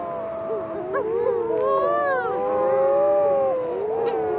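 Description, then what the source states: Shearwater moaning: several overlapping wavering, wailing tones from more than one bird, with a short raspy burst in the middle. Mutton birds (shearwaters) arriving after dark on a tiny grassy island off the coast of Australia for their yearly breeding visit.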